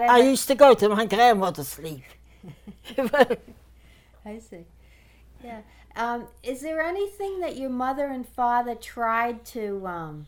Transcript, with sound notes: I used to go to my grandmother's to sleep. ( she laughs )
I see. Yeah. Um, is there anything that your mother and father tried to, uh,